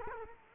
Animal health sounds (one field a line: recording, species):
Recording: mosquito wingbeat signal from an infrared sensor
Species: Culex quinquefasciatus